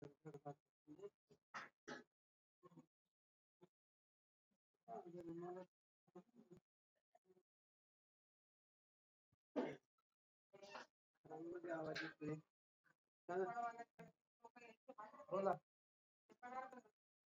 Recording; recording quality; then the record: deep breathing; poor, much background noise or distortion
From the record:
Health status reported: healthy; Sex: female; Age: 26 years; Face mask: not worn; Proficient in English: yes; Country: India